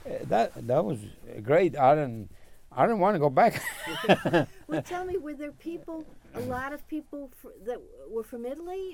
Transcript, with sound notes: That, that was great, I didn't, I didn't want to go back [laughs]
Well tell me, were there people, a lot of people that were from Italy?